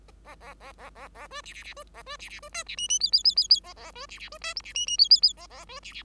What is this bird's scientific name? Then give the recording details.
Lonchura striata domestica. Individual Bird5